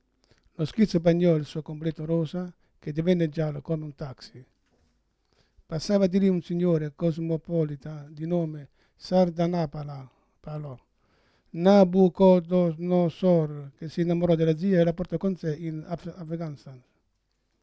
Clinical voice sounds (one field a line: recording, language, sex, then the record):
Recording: read passage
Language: Italian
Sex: male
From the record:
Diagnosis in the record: Parkinson's disease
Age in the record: 71 years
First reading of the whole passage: 62 s, 8.3 characters per second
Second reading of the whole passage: 53 s, 9.9 characters per second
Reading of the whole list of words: 66 s, 4.2 characters per second